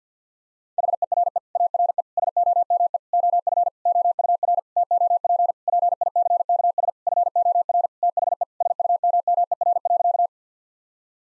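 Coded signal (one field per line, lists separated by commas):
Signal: Morse code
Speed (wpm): 50 wpm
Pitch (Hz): 700 Hz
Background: none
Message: HERE ARE SOME OF OUR TOP PICKS FOR THE SUMMER.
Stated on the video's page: Morse sentence-copying drill of common nine-word phrases at 50 wpm, each sentence sent, then spoken, then sent again, with the first words spoken beforehand.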